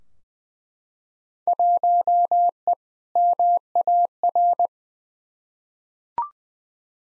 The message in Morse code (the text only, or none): 1E MAR